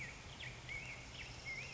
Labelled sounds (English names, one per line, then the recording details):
Black-headed Grosbeak
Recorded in Sonoma County, California